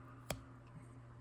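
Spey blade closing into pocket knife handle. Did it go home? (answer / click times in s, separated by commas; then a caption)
yes / 0.3 s. The spey blade of a Rough Ryder Stockman slip joint pocket knife with orange and green smooth bone scales is folded closed into its handle. It shuts with a single short, soft snap at 0.3 s over a low steady background. The close is not hard but solid, and the blade is seated shut.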